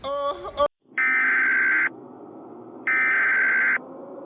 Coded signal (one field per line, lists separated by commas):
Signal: Emergency Alert System (SAME) tones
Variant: header bursts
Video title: The Best EAS Scenario Ever 11